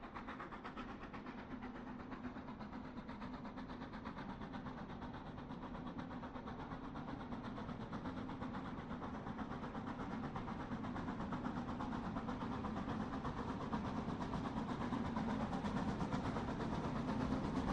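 A train chugs steadily past, its rumble low and thick with a rapid, even clattering rhythm running throughout. The sound stays dense and continuous, growing slightly louder and brighter over the last few seconds.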